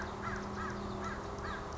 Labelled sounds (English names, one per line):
American Crow